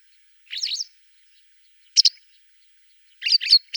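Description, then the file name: Masked wagtail calls: a few short sharp chirps, each of two or three quick notes, separated by pauses, otherwise quiet. "Trjasoguzka maskirovannaja"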